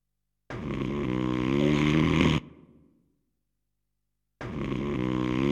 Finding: Man snoring.